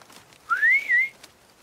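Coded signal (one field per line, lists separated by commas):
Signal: whistled language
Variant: Turkish whistled language (kuş dili)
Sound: one short gliding whistle rising, dipping slightly, then holding, about 0.6 seconds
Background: faint background noise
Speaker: So what you hear in the film is 100% the real whistling language, which you can really use to say anything you want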